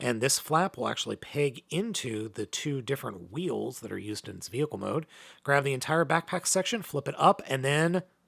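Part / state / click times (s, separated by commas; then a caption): plastic backpack section on an action figure's back / not seated / none. Someone talks throughout while handling a plastic action figure during transformation, explaining that a flap on its back pegs into the two wheels used in vehicle mode. They grab the whole backpack section and flip it up. The clip ends before the part is pushed home, and nothing has seated or clicked yet.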